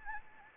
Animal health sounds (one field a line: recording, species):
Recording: mosquito wingbeat signal from an infrared sensor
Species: Anopheles gambiae